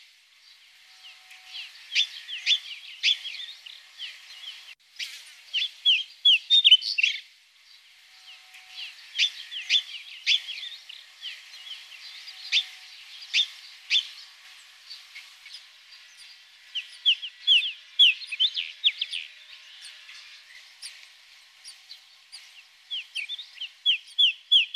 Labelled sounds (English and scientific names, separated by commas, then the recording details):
Pied Bush Chat (Saxicola caprata) song
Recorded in the wild
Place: Kurtlisee, TM
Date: 2001-05-14
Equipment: MiniDisc Sharp MT 20 H
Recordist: Schwarz, Dieter
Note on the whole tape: Song